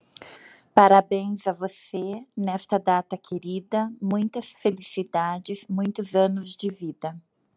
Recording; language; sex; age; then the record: short text; Brazilian Portuguese; female; 50 to 59 years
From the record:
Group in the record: control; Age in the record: 55 years